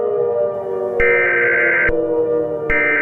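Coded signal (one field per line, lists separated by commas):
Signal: Emergency Alert System (SAME) tones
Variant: header bursts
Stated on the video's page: Fictional EAS scenario imagining a Yellowstone eruption.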